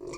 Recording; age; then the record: pig call; weaner (32 to 43 days)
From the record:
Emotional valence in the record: negative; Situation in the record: long isolation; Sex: female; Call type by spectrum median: low-frequency call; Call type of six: mixed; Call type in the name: high-frequency modulated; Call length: 0.17 s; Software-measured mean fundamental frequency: 146 Hz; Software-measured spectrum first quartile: 360 Hz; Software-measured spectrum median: 705 Hz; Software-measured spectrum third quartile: 3002 Hz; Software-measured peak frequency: 363 Hz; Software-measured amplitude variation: 112 dB a second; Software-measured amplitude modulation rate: 23.3 a second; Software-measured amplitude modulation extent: 4.8 dB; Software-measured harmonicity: 6.5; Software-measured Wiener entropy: -3.97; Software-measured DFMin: 932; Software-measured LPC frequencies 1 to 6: 394, 1101, 2329, 3550, 4445, 5554 Hz